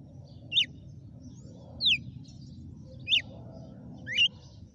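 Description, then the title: Red-cowled cardinal uttering four crisp, high, steeply sliding notes at roughly one-second intervals, some falling and one rising, with a faint low background rumble. Female bird singing. "GALO DE CAMPINA FENRIR"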